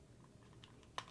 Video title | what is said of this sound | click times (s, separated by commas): The ICEFOX UHD Action Camera Review! | get it on there and snap in place | 1.0 s